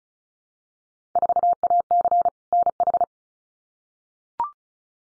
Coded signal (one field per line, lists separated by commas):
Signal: Morse code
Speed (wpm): 36 wpm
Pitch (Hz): 700 Hz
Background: none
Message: 4AC NH